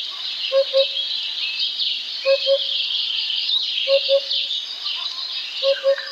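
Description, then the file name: Eurasian hoopoe giving low, hollow paired hoots, the phrase repeated roughly every one and a half to two seconds over a dense high-pitched background chorus. "DUDEK"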